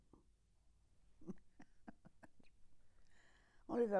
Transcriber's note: laughs